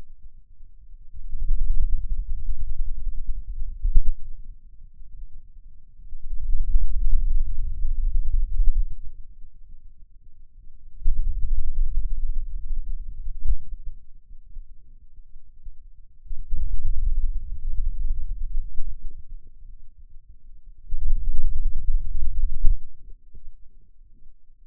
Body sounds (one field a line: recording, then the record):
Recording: forearm muscle sounds (acoustic myography)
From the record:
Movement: hand opening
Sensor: system 2, bracelet of six BSWA MPA416 microphones around the upper forearm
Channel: 1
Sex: male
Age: 22 years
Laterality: right